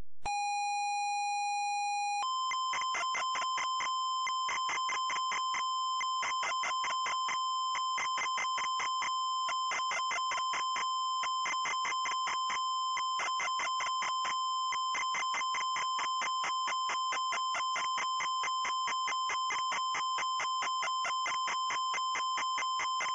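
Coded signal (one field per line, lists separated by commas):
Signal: ZX Spectrum tape loading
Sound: two seconds of steady buzzy lead tone, then harsh pulsing screeching data bursts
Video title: Link (Zelda Wind Waker) - Loading screen (ZX Spectrum)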